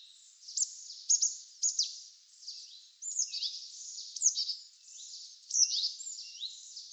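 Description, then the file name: Marsh tit giving thin high calls, with clipped descending notes and short buzzy phrases, in a busy sequence. "Poecile palustris"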